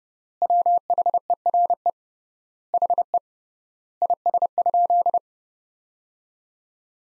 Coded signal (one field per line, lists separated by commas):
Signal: Morse code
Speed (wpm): 32 wpm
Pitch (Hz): 700 Hz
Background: none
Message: WHERE HE IS?